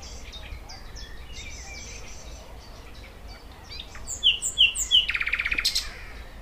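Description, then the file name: Thrush nightingale singing, starting with soft varied chirps, then three loud piping notes followed by a fast, dry, rattling trill. "Sprosser"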